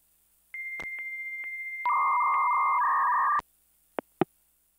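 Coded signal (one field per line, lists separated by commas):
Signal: dial-up modem handshake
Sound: steady high answer tone with regular clicks, then warbling two-tone data, ending in clicks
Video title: Modem Calling Tone 3 NO copyright... sound effect LNC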